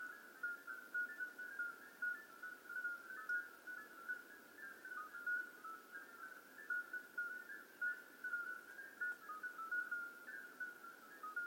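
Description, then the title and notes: Common midwife toads calling together, a dense weave of short flute-like beeps at several pitches, repeated constantly with no pause. Hundreds of toads calling simultaneously at slightly different pitches in an old disused quarry, outskirts of Lerouville; calling begins at dusk, continues through night; recorded just after midnight. "Outskirts of Lerouville. Common Midwife Toads. Recorded by Colin Hunter. Music for Sleep project"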